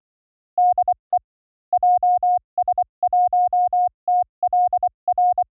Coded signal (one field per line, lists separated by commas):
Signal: Morse code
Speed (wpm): 24 wpm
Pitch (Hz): 720 Hz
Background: none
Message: DE JS1TLR